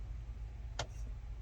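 A screw is turned backwards in the plastic housing of a '78 Scottsdale gauge cluster so it finds the old cut thread instead of cutting new threads. Over a steady low hum, a single short, sharp click sounds at 0.8 s as the screw's thread drops into the existing thread and seats.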